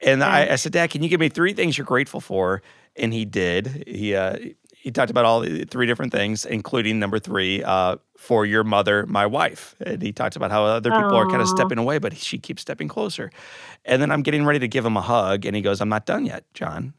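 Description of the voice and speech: A man tells a story about his father in fluent, clear, conversational speech with ordinary pacing and pauses.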